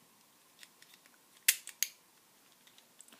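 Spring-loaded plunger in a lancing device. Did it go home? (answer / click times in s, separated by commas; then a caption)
yes / 1.5 s, 1.8 s. The end of a plastic lancing device is pulled back to cock its spring-loaded plunger and load the lancet, producing small faint ticks followed by two sharp clicks at 1.5 s and 1.8 s. The clicks show that the device is cocked and loaded.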